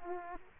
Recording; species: mosquito wingbeat signal from an infrared sensor; Aedes aegypti